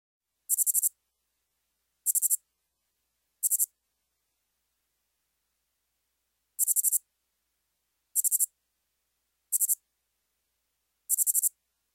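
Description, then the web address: Lesser angle-winged katydid song: short high ticking bursts of three to five pulses, repeated about every one and a half seconds with one longer pause of about three seconds near the middle, with silence between. "Crickets and Katydids. Lesser Anglewinged Katydid, Microcentrum retinerve"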